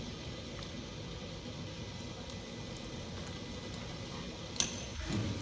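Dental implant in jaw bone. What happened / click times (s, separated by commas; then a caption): The implant broke loose with a single click / 4.6 s. A tool is turned on a dental implant in the jaw bone to remove it, over a steady background hiss. A single sharp click sounds at 4.6 s, followed by a brief low rumble, as the implant breaks loose or the screw breaks.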